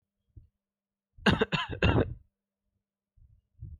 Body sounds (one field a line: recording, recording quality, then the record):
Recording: shallow voluntary cough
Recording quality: excellent, no background noise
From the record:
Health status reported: healthy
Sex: male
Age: 18 years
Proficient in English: yes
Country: India